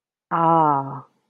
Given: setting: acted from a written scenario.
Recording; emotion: vocal sound without words; realization